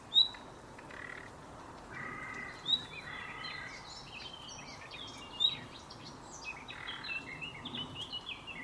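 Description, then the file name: Common nightingale calls: three short, sharp high whistles a few seconds apart, amid softer chirps and trills over steady background noise. "Luscinia megarhynchos"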